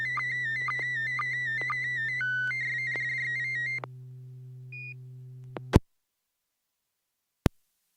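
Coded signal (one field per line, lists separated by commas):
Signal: SSTV (slow-scan television)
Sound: warbling high tone with regular short low blips, low hum, then squelch clicks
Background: mains hum, FM squelch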